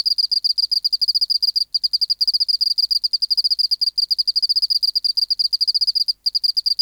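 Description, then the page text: Oceanic field cricket song: rapid, steady trains of high pulsed chirps with only brief gaps, a continuous shrill trilling. Recorded in the BMNH Acoustic Laboratory, 19 March 1984, 11:15 local time, at 24 °C and 30% humidity, still air, dim light. "412:14 Teleogryllus oceanicus (514r2). BioAcoustica. Natural History Museum Sound Archive. Recording Location: BMNH Acoustic Laboratory Recorded by: W. J. Reynolds Date Recorded: Mandag, marts 19, 1984 Local time: 1115"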